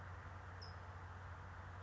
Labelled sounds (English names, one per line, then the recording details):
California Towhee
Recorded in Sonoma County, California